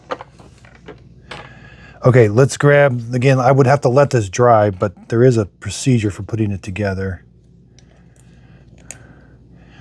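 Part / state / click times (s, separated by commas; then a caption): end cap onto robot vacuum brush roller / seated / 8.9 s. An end cap is fitted onto the rubber brush roller of a Roomba 405/505 robot vacuum and mop and rotated until it clicks. A few light handling taps come first, then someone talks from about 2 to 7 seconds, followed by quieter handling. A sharp click at 8.9 s marks the end cap seated.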